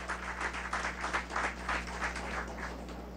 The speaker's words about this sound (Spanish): Excelente, un gran aplauso. La 41 Brigada Blindada y a todas las brigadas blindadas del país.